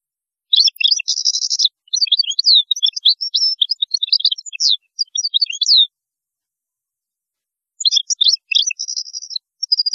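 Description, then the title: European goldfinch in full song, a prolonged stream of high chattering and tinkling notes with buzzy trills, pausing briefly before resuming. "Chant Chardonneret"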